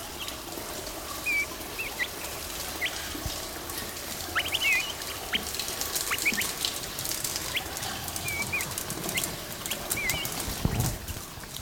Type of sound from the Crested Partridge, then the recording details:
call. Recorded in captivity. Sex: pair. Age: adult. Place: Zoo Berlin, Berlin, DE. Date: 1997-01-26 16:29. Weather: heiter, 3°C. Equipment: Nagra SN, Kopie Uher 4000 Report Monitor. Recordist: Tembrock, Günter